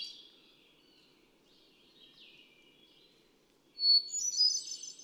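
Hermit thrush gives one loud phrase: a clean sustained note, then bright cascading flute-like notes, after soft echoing remnants of a previous phrase.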